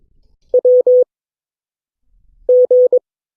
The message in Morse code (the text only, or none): WG